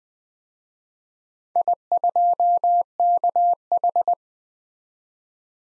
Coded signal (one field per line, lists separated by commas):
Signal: Morse code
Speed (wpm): 21 wpm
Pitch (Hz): 700 Hz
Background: none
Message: I2KH